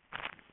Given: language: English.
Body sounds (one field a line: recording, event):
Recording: throat vibration sensor signal played as sound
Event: swallow